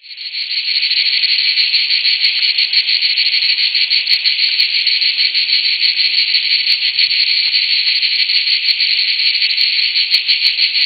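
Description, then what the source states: Cicada song, a loud continuous buzzing drone with a fine rapid pulsing, steady throughout after a quick start, with faint clicks above. Cicadas, more than one, recorded in Greece.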